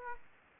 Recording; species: mosquito wingbeat signal from an infrared sensor; Aedes aegypti